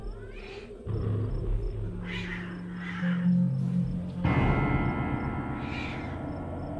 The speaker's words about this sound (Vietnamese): Tiếng con mèo kêu thất thanh mang theo một âm điệu rợn người.